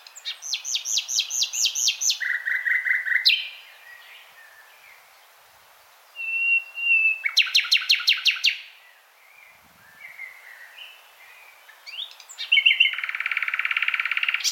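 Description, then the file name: Common nightingale singing in separate loud phrases: rapid repeated notes, a buzzy low trill, a sharp rattling series of rapid notes, and a harsh churring run, with quiet pauses between. "Luscinia megarhynchos"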